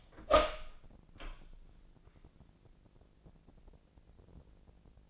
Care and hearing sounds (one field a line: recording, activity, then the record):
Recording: daily activity, microphone in the room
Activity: open door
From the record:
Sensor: 5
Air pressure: 1012.4 hPa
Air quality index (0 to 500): 158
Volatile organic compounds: 2 ppm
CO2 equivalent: 1079 ppm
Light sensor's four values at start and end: 174/421/176/192 and 172/417/174/190